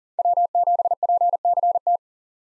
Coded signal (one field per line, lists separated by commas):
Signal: Morse code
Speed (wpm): 40 wpm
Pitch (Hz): 700 Hz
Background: none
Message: W7PCT